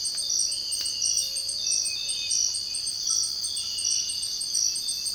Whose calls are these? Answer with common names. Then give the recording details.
none. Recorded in dense forest near Puerto Asís, Putumayo, Colombia, on 19 February 2024 at 05:30. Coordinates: 0.481, -76.318. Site G6421